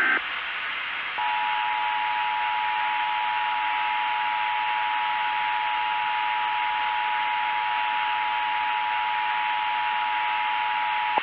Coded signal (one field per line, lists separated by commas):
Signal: Emergency Alert System (SAME) tones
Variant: 853 and 960 Hz attention tone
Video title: EAS Scenario - THEY CAN SEE YOU.